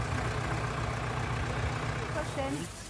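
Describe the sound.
A tractor engine idles with a steady, low, throbbing rumble that holds an even level throughout, with a brief voice-like tone rising over it near the end.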